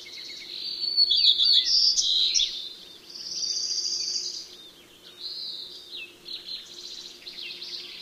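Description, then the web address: White-crowned Sparrow song: high whistled and chirping notes, then a long steady whistle near the middle and a further run of quick notes. Common western species of North America. "Know Your Bird Sounds Common Western Species. White-crowned Sparrow"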